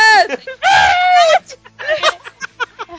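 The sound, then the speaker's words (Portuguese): A person lets out two loud, strained screams, the second long and sustained, followed by a string of shorter, excited vocal bursts. “As minhas entradas vão ser gritando.”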